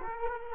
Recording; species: mosquito wingbeat signal from an infrared sensor; Culex quinquefasciatus